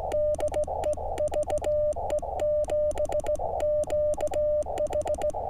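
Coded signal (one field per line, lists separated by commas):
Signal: Morse code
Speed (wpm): 17 wpm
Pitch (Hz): 600 Hz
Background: radio noise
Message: DE VE7QH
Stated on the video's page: Summit activation with Elecraft KX2 and Chameleon MPAS Lite vertical; poor band conditions, weak stations pulled from the noise.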